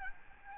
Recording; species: mosquito wingbeat signal from an infrared sensor; Aedes albopictus